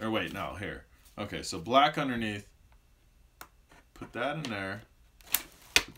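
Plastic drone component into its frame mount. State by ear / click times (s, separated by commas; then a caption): seated / 5.3 s, 5.8 s. Someone talks while pushing a plastic drone component into its frame mount with the black side underneath, after it had earlier failed to pop in because the black was supposed to go underneath. Two sharp clicks sound at 5.4 s and 5.8 s as the part snaps into place, and it is seated.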